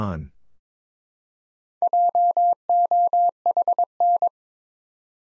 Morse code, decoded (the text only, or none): JOHN